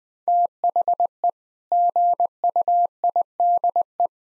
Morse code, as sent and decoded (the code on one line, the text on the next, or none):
- .... . / --. ..- .. -.. .
THE GUIDE